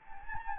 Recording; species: mosquito wingbeat signal from an infrared sensor; Anopheles gambiae